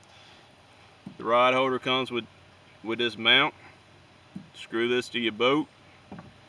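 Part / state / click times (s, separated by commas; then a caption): rod holder into its kayak base mount / not seated / none. Someone talks while handling a plastic rod holder that comes with its base mount, which is screwed to a kayak, as the holder is about to be slid in and locked into place. Only a couple of faint, brief handling taps are heard near the end, around 6.1 to 6.2 seconds. Nothing has seated or clicked yet.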